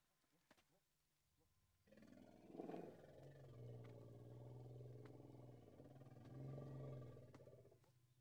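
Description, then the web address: Indian elephant giving a long, low, droning rumble that swells twice over about six seconds, then fades. Two Indian elephants, in the countryside of India, Pakistan and Nepal. "BBC Sound Effects Library. India Pakistan Nepal. Two Indian Elephants"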